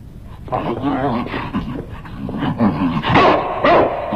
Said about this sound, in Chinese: 一个是只会汪汪叫的刺客，想找个说话的人都没有。